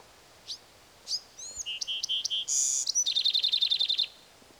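Bewick's wren sings: two soft lead notes, four even notes, a rasping buzz, then a quick trill of about a dozen bright notes.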